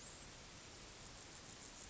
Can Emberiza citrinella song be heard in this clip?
no